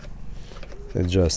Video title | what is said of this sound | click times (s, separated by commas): Parkside Performance Angle Grinder PWSAP 20-Li C3 review and test - UNBOXING AND REVIEW | it just slides in and locks in place it does not wobble much | 0.4 s